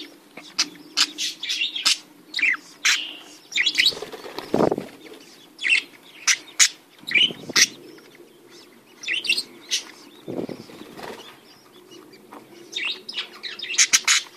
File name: Canto do periquitos ingleses